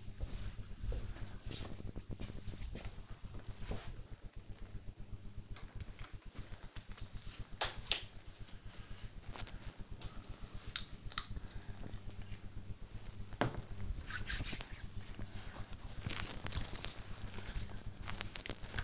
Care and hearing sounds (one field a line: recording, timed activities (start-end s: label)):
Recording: household activities, microphone on the right wrist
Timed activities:
4.41-18.84 s: cream hands